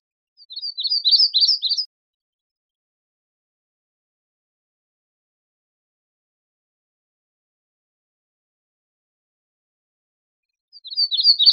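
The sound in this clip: Yellow-rumped warbler giving a quick run of high, thin chips for under two seconds, followed by quiet and a second run beginning at the close.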